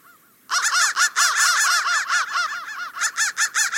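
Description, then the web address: Crow breaking into loud harsh cawing after half a second of quiet, many rough arched notes crowding together. "soundfactory crow 1"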